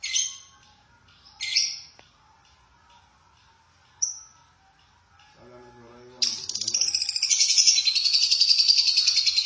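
Lovebird making a few sharp high chirps, then bursting into loud continuous buzzy chattering.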